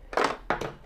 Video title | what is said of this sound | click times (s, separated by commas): 33 SENA SMH10 Unboxing and installation | mete primero debajo y luego de arriba y hace un clic y | 0.5 s